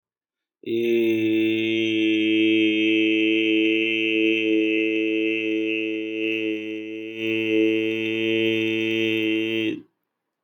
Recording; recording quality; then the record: sustained vowel as in made; excellent, no background noise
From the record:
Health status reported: healthy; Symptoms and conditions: none ticked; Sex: male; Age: 26 years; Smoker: not ticked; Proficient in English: yes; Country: India